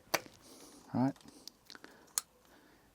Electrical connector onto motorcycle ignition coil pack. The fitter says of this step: click into place.